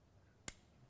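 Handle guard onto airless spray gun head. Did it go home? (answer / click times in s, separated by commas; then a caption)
yes / 0.5 s. The tip guard or handle guard of an airless spray gun is slid round on the gun head until it clicks into place with a single sharp snap at 0.5 seconds. The rest of the clip is a quiet low background. The guard is seated and all home, leaving the gun safe.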